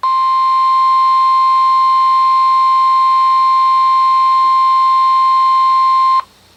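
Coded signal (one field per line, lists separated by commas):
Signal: Emergency Alert System (SAME) tones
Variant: 1050 Hz attention tone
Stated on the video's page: Severe thunderstorm and marine warning tones from weather radio station KHB36, received on an Oregon Scientific WR-3000 radio.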